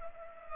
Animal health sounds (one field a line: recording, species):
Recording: mosquito wingbeat signal from an infrared sensor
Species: Culex pipiens